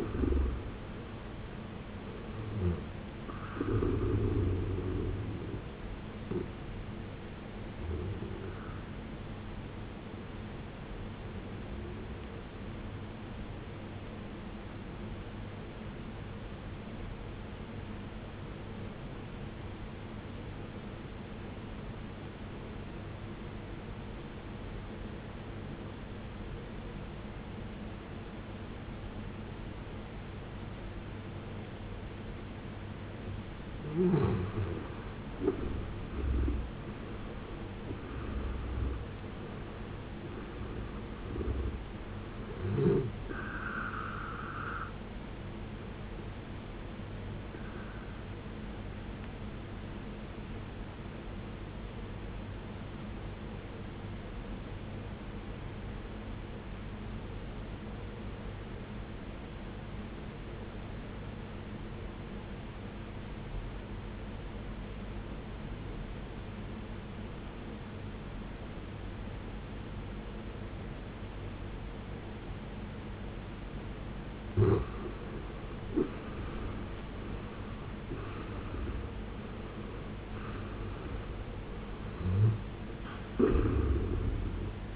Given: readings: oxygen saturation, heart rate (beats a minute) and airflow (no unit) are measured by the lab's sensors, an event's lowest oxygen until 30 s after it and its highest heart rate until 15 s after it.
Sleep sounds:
breathing in sleep by a voice recorder at the bedside; 2
12.00-42.00 s: new sleep stage, N2 (light sleep)
16.00-35.50 s: obstructive apnea (N2, oxygen 93% highest, then 77% lowest, heart rate 59 at the start, 80 highest)
42.00-84.96 s: new sleep stage, N1 (lightest sleep)
57.00-75.80 s: obstructive apnea (N1, oxygen 93% highest, then 76% lowest, heart rate 56 at the start, 77 highest)
From the record:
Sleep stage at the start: N1 (lightest sleep); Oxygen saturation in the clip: 75 to 93%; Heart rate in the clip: 50 to 80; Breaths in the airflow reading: 11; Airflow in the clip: -16.5 to 17.7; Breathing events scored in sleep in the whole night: 389 in 6.3 hours asleep

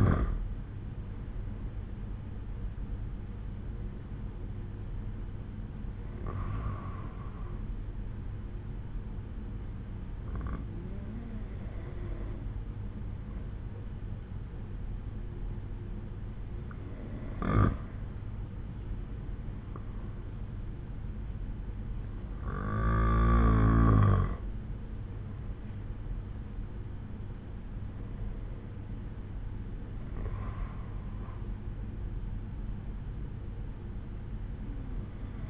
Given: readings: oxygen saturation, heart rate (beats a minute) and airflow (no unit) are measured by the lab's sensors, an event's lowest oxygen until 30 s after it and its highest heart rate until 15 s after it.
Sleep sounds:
breathing in sleep by a smartphone at the bedside; none
none scored
From the record:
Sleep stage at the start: N2 (light sleep); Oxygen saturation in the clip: 92 to 94%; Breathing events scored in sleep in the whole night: 187 in 7.2 hours asleep

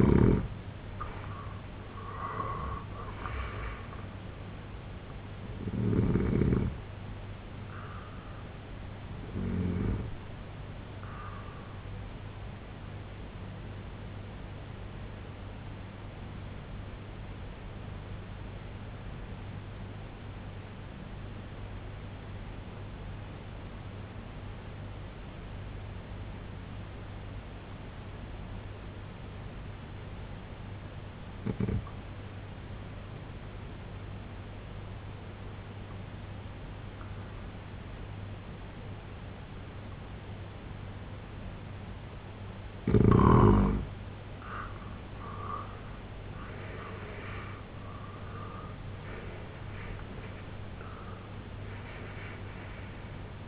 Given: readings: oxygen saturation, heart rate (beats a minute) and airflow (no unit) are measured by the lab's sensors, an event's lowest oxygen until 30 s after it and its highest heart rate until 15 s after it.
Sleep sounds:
breathing in sleep by a voice recorder at the bedside; 1
14.00-44.30 s: hypopnea (N1, oxygen 95% highest, then 85% lowest, heart rate 70 at the start, 94 highest)
20.00-50.00 s: new sleep stage, N2 (light sleep)
50.00-53.48 s: new sleep stage, N1 (lightest sleep)
From the record:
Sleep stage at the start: N1 (lightest sleep); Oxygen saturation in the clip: 85 to 95%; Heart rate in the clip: 65 to 93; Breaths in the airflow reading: 10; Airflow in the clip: -11.1 to 9.4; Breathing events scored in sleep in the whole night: 258 in 7.4 hours asleep

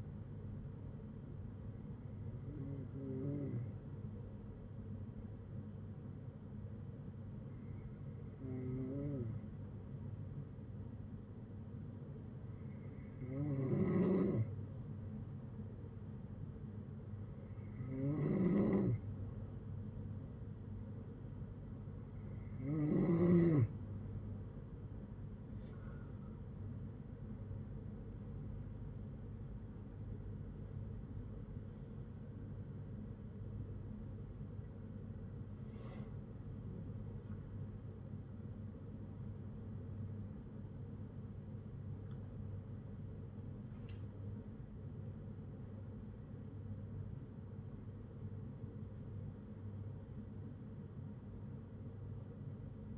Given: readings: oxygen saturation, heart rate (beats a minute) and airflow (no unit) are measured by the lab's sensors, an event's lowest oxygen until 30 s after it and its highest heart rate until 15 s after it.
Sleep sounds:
breathing in sleep by a smartphone at the bedside; 1
5.00-25.90 s: hypopnea (N3, oxygen 95% highest, then 93% lowest, heart rate 57 at the start, 83 highest)
17.00-47.00 s: new sleep stage, N1 (lightest sleep)
47.00-52.98 s: new sleep stage, N2 (light sleep)
From the record:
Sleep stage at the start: N3 (deep sleep); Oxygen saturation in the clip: 93 to 95%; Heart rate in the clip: 57 to 83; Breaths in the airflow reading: 10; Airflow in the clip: -12.0 to 11.8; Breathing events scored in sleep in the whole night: 182 in 7.4 hours asleep

